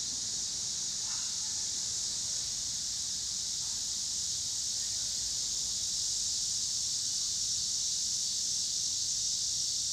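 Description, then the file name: Steady high cicada drone with a couple of faint brief lower sounds early on and a low rumble beneath. Cicadas with car noise in Pittsburgh, Pennsylvania, on 26 August 2023. "cicadas and cars Pittsburgh PA"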